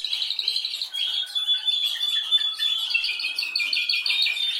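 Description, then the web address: Canary song of quick, varied chirping trills with thin whistled notes running through, continuous and lively throughout. "Golchin Best Canari Seda Canari. Niyaz Music)"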